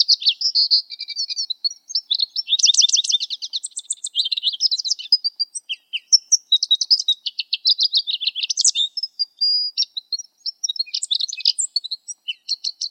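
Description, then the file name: Lesser goldfinch singing a continuous, varied medley of high chattering trills, thin whistles and buzzy phrases, with rapid repeated notes throughout. "suara lesser goldfinch omkicau"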